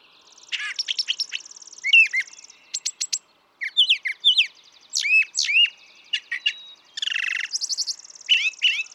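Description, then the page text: Brown thrasher singing a long, varied sequence of whistled, chirped and buzzy phrases, many repeated two or three times, with a brief pause near the middle. Same male throughout, one of several selections totalling about three and a quarter hours; repertoire estimated at about 1300 songs, including imitations of other species. "Birdsong for the Curious Naturalist. Brown thrasher"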